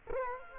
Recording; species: mosquito wingbeat signal from an infrared sensor; Culex quinquefasciatus